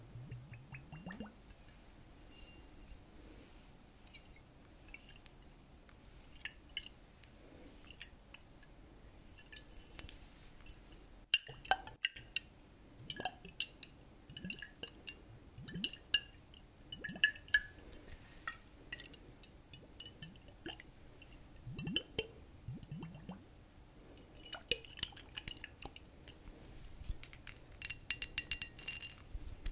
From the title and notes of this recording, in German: Liquid Sounds. Unterschiedliche Wasser Trigger.